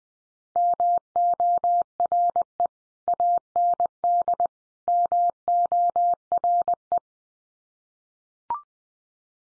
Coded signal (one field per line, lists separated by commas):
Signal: Morse code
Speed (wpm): 20 wpm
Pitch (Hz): 700 Hz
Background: none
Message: MORE AND MORE